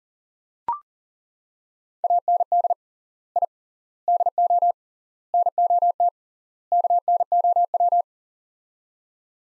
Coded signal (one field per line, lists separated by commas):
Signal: Morse code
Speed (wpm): 40 wpm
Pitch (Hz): 700 Hz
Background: none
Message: AND I DO NOT KNOW